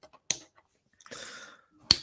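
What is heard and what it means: Plastic Lego bricks are pressed onto one another while building a pod racer set, and they click together at 0.3 s and 1.9 s with sharp, bright snaps. Someone talks in between. The bricks seat firmly, and the click is praised as satisfying and therapeutic.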